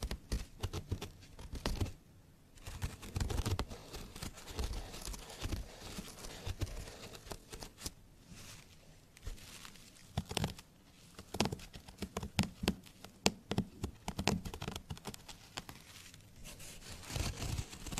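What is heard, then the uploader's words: Small scratching sounds rub and scrape in dense, irregular bursts, with rough textured strokes that rustle and crackle like tearing or crinkling. Sharp louder scrapes and clicks punctuate the activity, clustering around eleven to fourteen seconds, with a brief lull near two seconds. TimASMR-Mini Scratching on Carpet, Wood, PVC, and more (NO TALKING).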